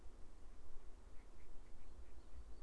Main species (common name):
Mallard